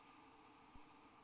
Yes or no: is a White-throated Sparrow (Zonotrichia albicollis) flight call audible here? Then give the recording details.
no. No flight call is heard. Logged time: 06:15 on 8 December 2014